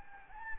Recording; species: mosquito wingbeat signal from an infrared sensor; Anopheles gambiae